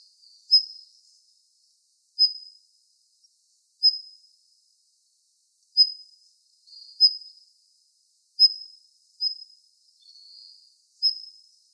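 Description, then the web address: Daurian redstart giving spaced, sharp, high thin whistles, some doubled, with an occasional soft buzzy note in otherwise quiet surroundings. Recorded 23 March 2016. "birdenaga jobitaki 160323"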